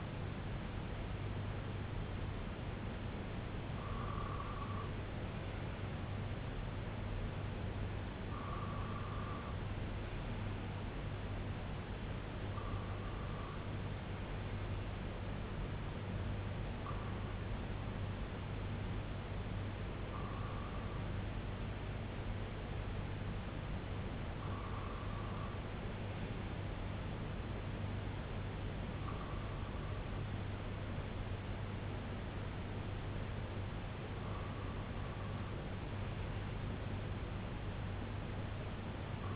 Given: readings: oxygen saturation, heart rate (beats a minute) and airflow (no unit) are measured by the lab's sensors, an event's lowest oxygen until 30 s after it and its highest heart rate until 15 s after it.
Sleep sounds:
breathing in sleep by a voice recorder at the bedside; 1
3.00-22.30 s: hypopnea (N2, oxygen 96% highest, then 95% lowest, heart rate 71 at the start, 71 highest)
21.00-39.36 s: new sleep stage, REM sleep
From the record:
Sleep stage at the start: N2 (light sleep); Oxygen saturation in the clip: 95 to 96%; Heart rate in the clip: 63 to 71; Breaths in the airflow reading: 9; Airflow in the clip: -5.2 to 2.7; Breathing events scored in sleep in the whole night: 258 in 7.4 hours asleep

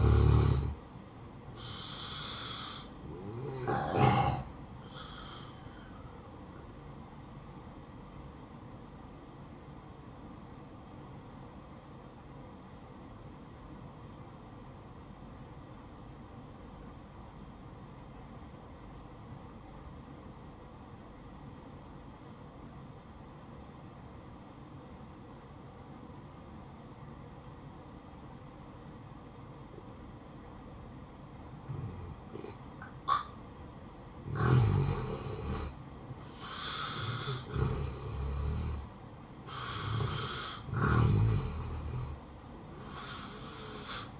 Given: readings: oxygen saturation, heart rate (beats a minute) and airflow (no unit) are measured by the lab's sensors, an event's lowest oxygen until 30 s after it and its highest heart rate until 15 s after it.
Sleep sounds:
breathing in sleep by a smartphone at the bedside; 1
9.00-34.30 s: obstructive apnea (N1, oxygen 94% highest, then 83% lowest, heart rate 66 at the start, 71 highest)
From the record:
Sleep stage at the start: N1 (lightest sleep); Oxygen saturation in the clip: 80 to 94%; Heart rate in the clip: 62 to 70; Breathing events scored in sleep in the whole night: 573 in 9.8 hours asleep

